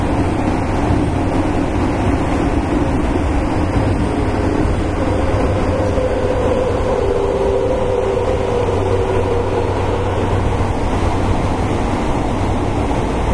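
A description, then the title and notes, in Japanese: Running sound of a Fukuoka City Subway 1000 series train, a steady, dense rumble heavy in the low end that holds level for the whole stretch. Around the middle a faint whining tone rises and lingers, with a low hum underneath throughout. 福岡市交通局 1000系電車の走行音です。空港線にて収録。区間は福岡空港から姪浜までです。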